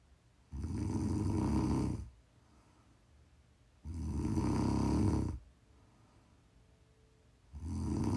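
An adult woman snoring while asleep: loud, low rattling snores on each breath in, about 18 a minute, with quiet pauses between.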